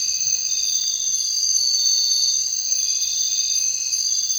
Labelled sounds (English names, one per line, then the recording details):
none
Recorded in secondary vegetation near Puerto Asís, Putumayo, Colombia, on 22 June 2025 at 00:00
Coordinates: 0.499, -76.323
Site G077